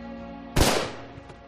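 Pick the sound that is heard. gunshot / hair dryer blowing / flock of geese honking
gunshot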